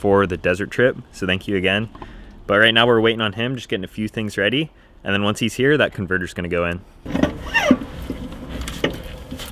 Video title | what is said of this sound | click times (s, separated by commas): NEW Transmission Cooler and Torque Converter for the 94 F150! | him that's like two clicks yeah | 8.7 s, 8.8 s